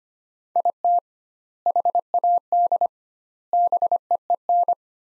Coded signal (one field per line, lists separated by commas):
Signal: Morse code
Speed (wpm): 25 wpm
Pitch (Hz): 700 Hz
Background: none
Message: IT HAD BEEN